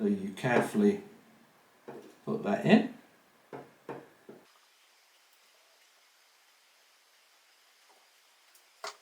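Someone talks while lining up a helmet speaker lead connector with its small black tab and indent, ready to push it into the socket of a Sena RT1 motorcycle helmet intercom unit. The talking gives way to near silence with a faint steady hiss and a brief soft handling sound at the very end. Nothing has seated or clicked yet.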